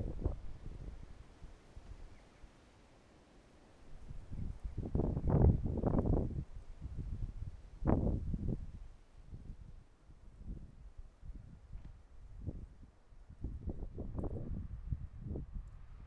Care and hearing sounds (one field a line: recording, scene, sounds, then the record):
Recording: everyday scene through a hearing-aid microphone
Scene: wind on the microphone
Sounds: wind, traffic, birds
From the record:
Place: suburban garden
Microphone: behind the ear, right, front